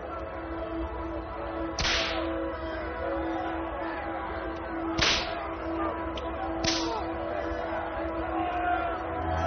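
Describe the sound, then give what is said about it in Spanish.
Three sharp, loud lashes of a flagrum whip striking a man crack at uneven intervals, each a quick snapping burst, over a steady low murmur and a faint constant hum. “Uno de los latigazos más impresionantes fue aquel cuando el látigo cayó sobre los testículos del maestro.”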